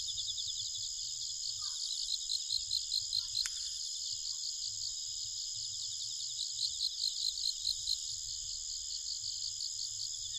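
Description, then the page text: Bell cricket song: bright, high pulsed chirps in short bursts, over a steady high insect drone and a low rumble. Nikko, Japan; 1 October 2011, at night, 21:48. "Homoeogryllus japonicus [Sounds -Nikko Today-]"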